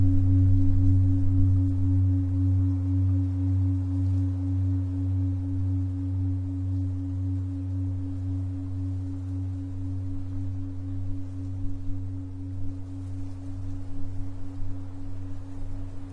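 A steady low tone at 136.1 Hz hums through the whole clip, with a fainter higher overtone above it and a slow, regular pulsing like a singing bowl's beat. The sound eases slightly in loudness over time, with a soft rough hiss underneath.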